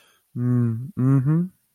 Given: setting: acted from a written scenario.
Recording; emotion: vocal sound without words; sympathy